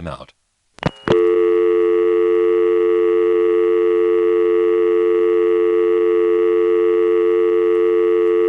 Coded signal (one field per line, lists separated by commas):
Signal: telephone call progress tone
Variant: North America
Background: speech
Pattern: dial tone